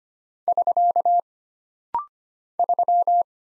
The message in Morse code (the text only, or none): <SK> 3